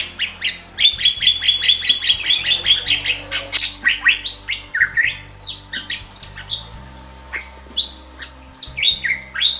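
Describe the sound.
Bali myna opening with a fast run of repeated sharp notes, then shifting into mixed squawks and slurred whistles, over a low background hum.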